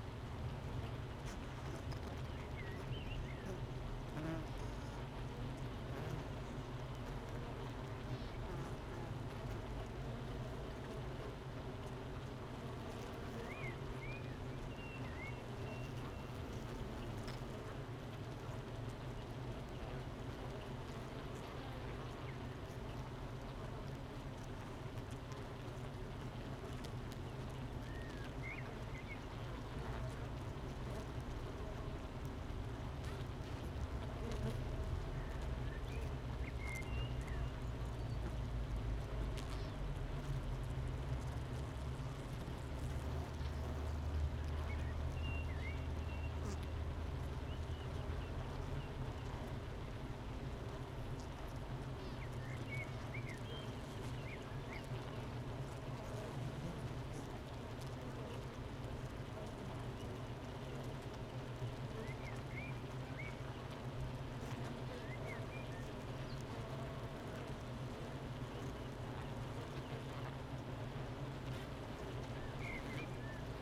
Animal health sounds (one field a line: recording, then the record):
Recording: honeybee colony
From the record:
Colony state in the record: missing queen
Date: 31 May 2018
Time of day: 9:07